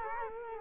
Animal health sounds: mosquito wingbeat signal from an infrared sensor; Culex quinquefasciatus

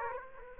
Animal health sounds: mosquito wingbeat signal from an infrared sensor; Aedes aegypti

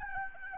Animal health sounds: mosquito wingbeat signal from an infrared sensor; Aedes albopictus

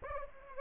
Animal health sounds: mosquito wingbeat signal from an infrared sensor; Anopheles arabiensis

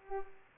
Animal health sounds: mosquito wingbeat signal from an infrared sensor; Culex pipiens

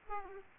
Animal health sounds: mosquito wingbeat signal from an infrared sensor; Aedes aegypti

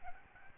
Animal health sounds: mosquito wingbeat signal from an infrared sensor; Aedes albopictus

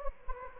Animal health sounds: mosquito wingbeat signal from an infrared sensor; Anopheles gambiae

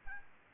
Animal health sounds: mosquito wingbeat signal from an infrared sensor; Aedes albopictus

